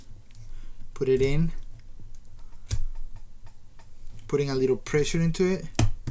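A memory stick is lined up with the notch and pressed with a little pressure into a motherboard DIMM slot while someone talks, with a few faint ticks and a sharp tap near 2.7 seconds. The module has not seated or clicked into the slot yet.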